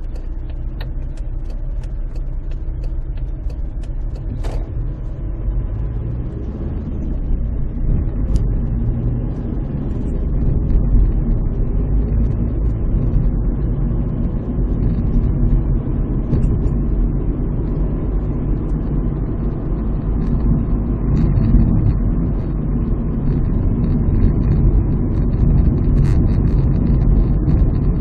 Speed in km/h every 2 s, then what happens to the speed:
7, 8, 12, 18, 34, 42, 47, 50, 56, 56, 54, 53, 54, 56.
0-16 speeds up to 56. 16-28 steady at about 54.